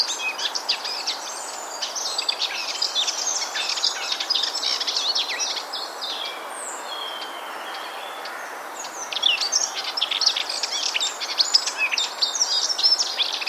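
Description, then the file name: Eurasian blackcap song: fast, varied warbling phrases of chattering and whistled notes, nearly continuous apart from a quieter stretch around the middle, with background hiss. "Sylvia atricapilla"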